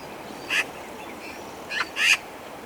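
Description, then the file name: Eurasian magpie uttering three short, harsh, scratchy calls spread over about a second and a half against background noise. "Pica pica"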